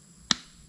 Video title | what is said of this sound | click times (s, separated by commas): KTM 990/1090/1190/1290 Fuel Pump Rebuild - Zip Tie Mod | And it just pops right back in there. | 0.3 s